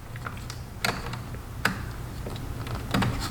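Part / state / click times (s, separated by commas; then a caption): airbag wiring connector into steering wheel airbag module / not seated / none. On a BMW F80 M3, the airbag Molex plastic connector is being handled as it is lined up to plug back into the steering wheel airbag module, which only fits one direction. Light plastic rattles and faint ticks sit over a low hum, with short sharp handling taps near 0.8 s, 1.7 s and 3.4 s. The connector has not snapped into place yet; nothing has seated or clicked by the end.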